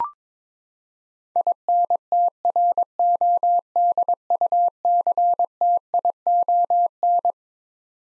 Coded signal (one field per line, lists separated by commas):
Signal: Morse code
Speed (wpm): 22 wpm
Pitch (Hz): 700 Hz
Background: none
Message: INTRODUCTION